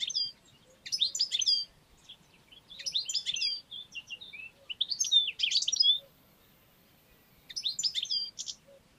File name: Carduelis carduelis